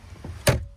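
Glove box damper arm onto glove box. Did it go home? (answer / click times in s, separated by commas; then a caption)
yes / 0.5 s. On a 2023–2024 Honda Accord, after the glove box is reinstalled, the damper arm is pulled down and toward the person until it clicks onto the plastic glove box. A low rustle leads to one sharp, bright click at 0.5 s that rings briefly and fades. The damper arm is seated on the glove box.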